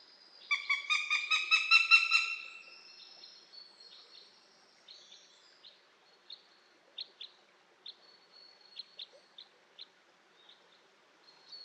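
Eurasian goshawk calling a short, fast cackle of harsh repeated notes for about two seconds, then quiet high ticks.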